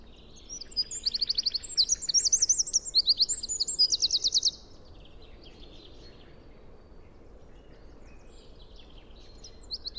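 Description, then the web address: Bird singing a long, high, fast trilled phrase of around four seconds with changing trill speeds, followed by quiet scattered chirps. "cianscape birddata Deverinetal 2025 File origin Bird Only"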